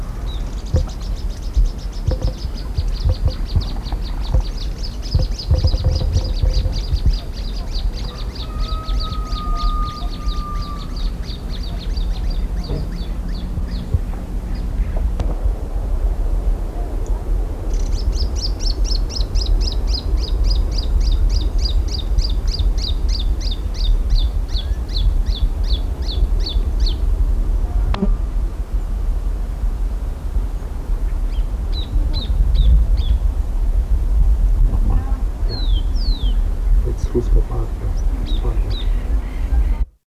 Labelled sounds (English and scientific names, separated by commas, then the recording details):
Little Thornbird (Phacellodomus sibilatrix)
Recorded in the wild
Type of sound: duetting, song
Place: Buenos Aires, AR
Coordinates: -34.56, -58.45
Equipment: Halbspur, 9,5 cm/s
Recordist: Lütgens, Hans
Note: Belgrano (Buenos Aires): Duett, Einzelgesang, Partnerrufe